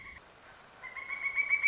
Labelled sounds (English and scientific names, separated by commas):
Pileated Woodpecker (Dryocopus pileatus)